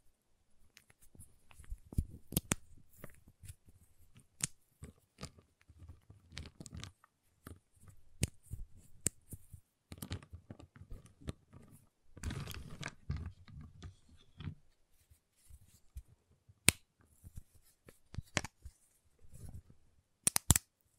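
A giant chocolate bar is tapped, cut and snapped, giving sharp, crisp clicks and cracks at irregular intervals. Denser crinkly stretches come around 2, 10 and 12–14 seconds, and a few loud snaps stand out near 17 and 20 seconds.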